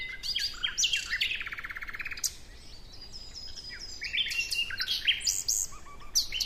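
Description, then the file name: Common nightingale song with a long, rapid buzzy rattle of repeated notes, then bursts of rich chirps and whistled phrases, with low background hiss. "Luscinia megarhynchos"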